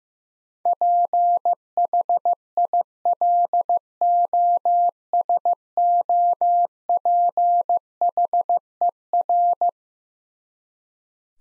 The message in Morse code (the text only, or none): PHILOSOPHER